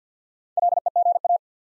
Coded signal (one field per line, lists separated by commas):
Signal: Morse code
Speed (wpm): 49 wpm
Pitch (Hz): 700 Hz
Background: none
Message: LEGA